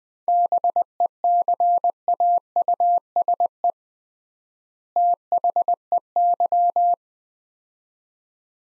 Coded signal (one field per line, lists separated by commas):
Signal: Morse code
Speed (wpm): 20 wpm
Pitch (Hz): 700 Hz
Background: none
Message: BECAUSE THEY